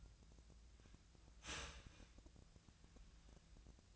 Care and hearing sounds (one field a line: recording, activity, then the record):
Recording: daily activity, microphone in the room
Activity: start toaster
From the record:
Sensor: 2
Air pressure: 1009.2 hPa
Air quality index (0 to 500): 187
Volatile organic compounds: 11 ppm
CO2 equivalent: 2318 ppm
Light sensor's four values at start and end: 23/58/24/27 and 23/58/24/27